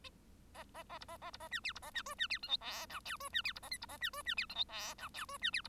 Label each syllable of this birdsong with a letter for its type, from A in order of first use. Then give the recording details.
A A A B A A B A C D B A C E C D F G H I J E C D B A K B A C E C D F G H I J E C D B. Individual Bird1